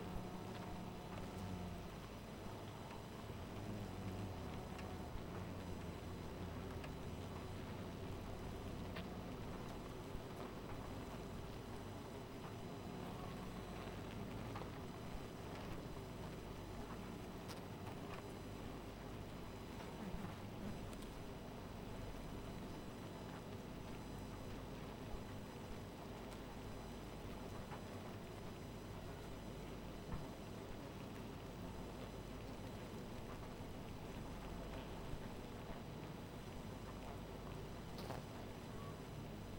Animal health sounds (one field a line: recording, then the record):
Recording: honeybee colony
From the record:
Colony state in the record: missing queen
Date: 14 July 2017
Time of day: 1:58